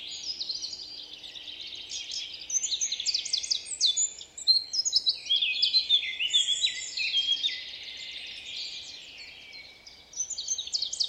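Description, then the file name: Eurasian blackcap singing a fast, jumbled warble of high twittering and clear whistled notes, with brief pauses and a faint steady hum beneath. "Sylvia atricapilla"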